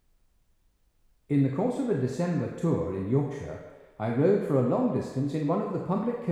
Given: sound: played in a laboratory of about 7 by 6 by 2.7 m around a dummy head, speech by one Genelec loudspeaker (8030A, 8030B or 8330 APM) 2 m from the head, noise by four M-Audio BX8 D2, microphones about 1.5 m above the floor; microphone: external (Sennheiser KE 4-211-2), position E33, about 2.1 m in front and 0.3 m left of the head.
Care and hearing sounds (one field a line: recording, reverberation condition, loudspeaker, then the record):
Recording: male speech in English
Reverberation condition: high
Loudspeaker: in front (0 degrees)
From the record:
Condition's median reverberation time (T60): about 1300 ms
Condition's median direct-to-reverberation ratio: about -4.0 dB